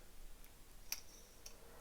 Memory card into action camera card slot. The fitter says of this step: but you put it back in and make sure it clicks back into place